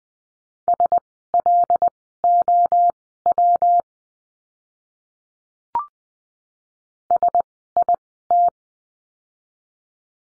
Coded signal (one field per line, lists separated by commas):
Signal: Morse code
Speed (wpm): 20 wpm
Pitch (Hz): 700 Hz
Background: none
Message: SLOW SIT